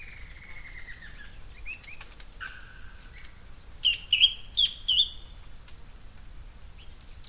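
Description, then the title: Bird song: a mix of high chirps and downward-sweeping whistles, then four bright, quick chirped notes about halfway through over a soft low hiss. "LuckyPassaro Completos2Sama"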